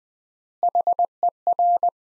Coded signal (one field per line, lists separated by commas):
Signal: Morse code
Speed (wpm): 20 wpm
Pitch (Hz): 700 Hz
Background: none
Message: HER